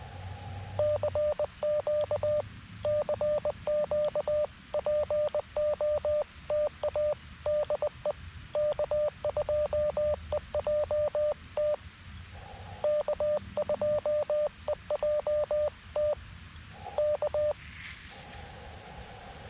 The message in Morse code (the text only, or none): CQ CQ POTA DE K2EJT K2EJT K